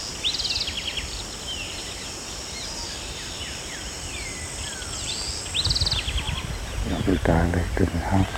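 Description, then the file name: House wren giving two brief bubbly trilled bursts several seconds apart, with a steady high hiss throughout and low rumbling noise near the end. "Troglodytes aedon - House Wren"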